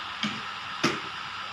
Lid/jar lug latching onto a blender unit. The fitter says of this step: kebawah bunyinya dua kali